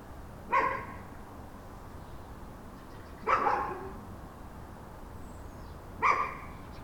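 Dog barking, three single sharp barks spaced about two and a half seconds apart against a quiet background.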